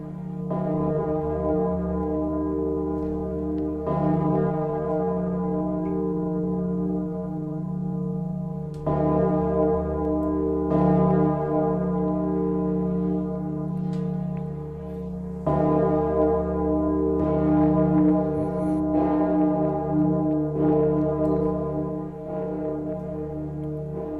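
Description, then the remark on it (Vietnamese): A deep temple bell tolls slowly, each heavy strike blooming into a long, humming resonance that overlaps the next; about four or five strikes, steady and loud, with no voices. “Mỗi một cái quỳ lạy, tóc ở trên đầu hắn từ từ rụng xuống, cho đến khi hồi chuông dứt, hắn đã trở thành một hòa thượng chọc đầu, từ từ lầm lũi đi về phía ngôi chùa.”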